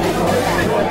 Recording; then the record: background sound without coughing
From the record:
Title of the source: Nightlife Party Simulating Party Club Noise 1 Hour